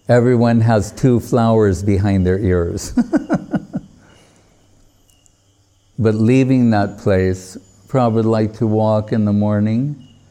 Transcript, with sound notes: everyone has two flowers behind their ears. [laughing] But leaving that place... Prabhupāda liked to walk in the morning...